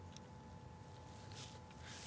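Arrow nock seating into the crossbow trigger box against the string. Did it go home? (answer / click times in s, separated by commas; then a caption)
yes / 0.2 s. An arrow with an Alpha HPX clip-style nock, odd-colored vane down, is loaded into the trigger box of a TenPoint TX 28 crossbow against the string. A soft, short nock click is heard at 0.2 s over a steady low hum, followed by faint handling rustles. The nock seats in the trigger box and the crossbow is ready to shoot.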